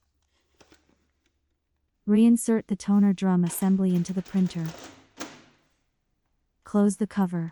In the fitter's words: Lắp hộp mực vào trống mực cho đến khi nghe thấy tiếng tách.